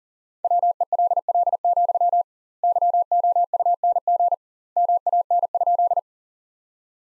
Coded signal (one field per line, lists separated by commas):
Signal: Morse code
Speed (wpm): 37 wpm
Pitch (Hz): 700 Hz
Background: none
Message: WELL, YOUNG MAN?